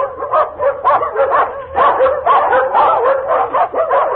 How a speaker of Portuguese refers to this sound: Dali a instantes, ouviu-se ao longe os latidos da matilha que vinha de corrida feita.